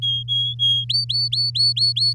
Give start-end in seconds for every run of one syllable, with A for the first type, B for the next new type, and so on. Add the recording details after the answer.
0.02-0.84 A, 0.89-2.13 B. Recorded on 7 May 2018 at 05:53. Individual llb16